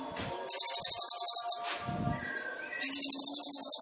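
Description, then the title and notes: Sunbird song: two loud bursts of rapid, high, buzzy trills separated by softer twittering. Indonesian masteran training song; song full of isian and tembakan; bird described as gacor; suited as pancingan. "MASTERAN KOLIBRI NINJA TERBAIK FULL ISIAN DAN TEMBAKAN MEWAH COCOK BUAT PANCINGAN. Suara Burung Kolibri Ninja Gacor"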